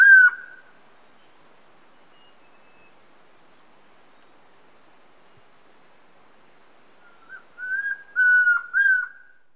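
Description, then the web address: Chestnut-crowned Antpitta giving loud clear whistles, one at the start, then after a long silence three or four in quick succession. Recorded in Ecuador. "Birds of Ecuador. Chestnut-crowned Antpitta"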